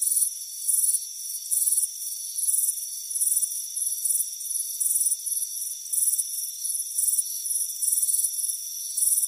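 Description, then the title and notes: Crickets give bright, trilling chirp bursts at a slightly uneven pace, with a constant high background whine. Crickets chirping on a warm afternoon by a front porch. "Soothing Crickets Chirping Sound. It's a warm afternoon as you relax in a hammock on the front porch. Relax and fall asleep to the soothing sound of chirping crickets. Deep Sleep Sounds"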